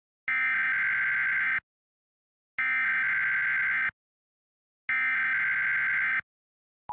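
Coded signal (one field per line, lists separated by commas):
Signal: Emergency Alert System (SAME) tones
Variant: header bursts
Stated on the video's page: Fictional EAS scenario, a Sonic.EXE horror Halloween special.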